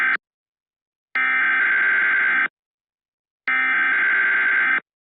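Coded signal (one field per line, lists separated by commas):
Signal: Emergency Alert System (SAME) tones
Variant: header bursts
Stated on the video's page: Fictional alert made with CapCut text-to-speech, styled as NOAA Weather Radio.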